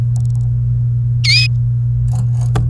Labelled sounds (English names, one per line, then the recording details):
Domestic Canary song
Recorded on 29 April 2018 at 17:09
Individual llb3